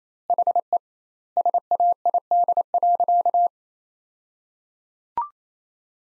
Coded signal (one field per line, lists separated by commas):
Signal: Morse code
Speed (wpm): 28 wpm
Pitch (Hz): 700 Hz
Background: none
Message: HE SAID.